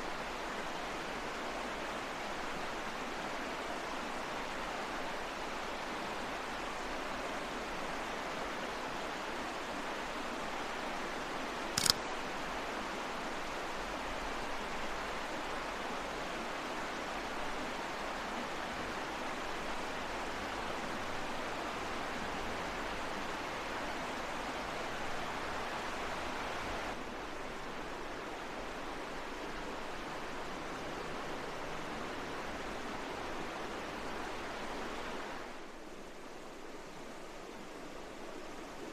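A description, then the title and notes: A creek rushes past steadily from its bank, a dense, even wash of water centered in the middle range with a soft low undertone. A single sharp click breaks in near twelve seconds, and the flow grows slightly quieter and duller near the end. Field Recording: Laurel Creek in the Great Smoky Mountains. A field recording from a recent landscape photography trip to the banks of Laurel Creek in the Great Smoky Mountains National Park in eastern Tennessee.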